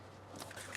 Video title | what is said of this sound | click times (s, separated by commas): etrailer - Curt Echo In-Line Wireless Brake Controller Installation - 2017 Chevrolet Silverado 2500 | with it in place got our connection from our wiring push it on until it clicks | 0.8 s